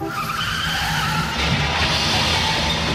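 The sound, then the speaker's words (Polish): A car skids with a sustained, high tire squeal over engine rumble, shifting around midway into a louder, harsher grinding noise with no clear single crash impact. “Jest pan cały? Tak, chyba nic mi nie jest, ale mój biedny samochód.”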